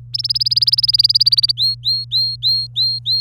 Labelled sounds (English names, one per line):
Domestic Canary song